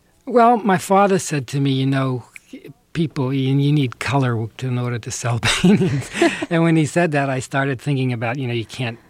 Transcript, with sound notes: Well, my father said to me, you know, people -you need color in order to sell paintings.
(LAUGHTER)
And when he said that, I started thinking about, you know, you can't